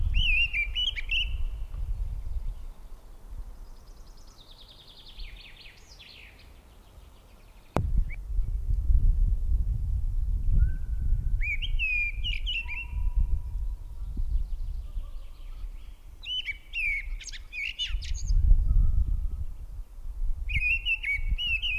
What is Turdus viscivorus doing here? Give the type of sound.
song